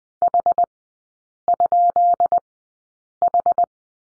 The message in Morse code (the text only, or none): H?H